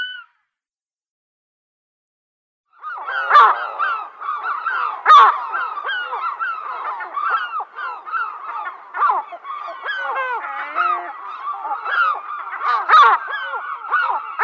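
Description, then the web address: European herring gulls in a dense chorus of overlapping nasal, yelping calls that start after a short silence and continue steadily. "Schulze Peter European Herring Gull"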